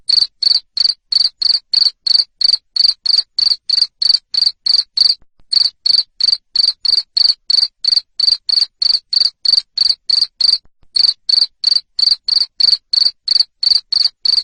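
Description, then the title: Cricket calling: a long even train of sharp high chirps, about three per second, with two brief breaks and nothing else audible. Loud cricket chirping (ngerik) played to make lovebirds keep singing (ngekek). "Suara JANGKRIK NGERIK Keras Bikin LOVEBIRD Jadi NGEKEK Terus Vubey"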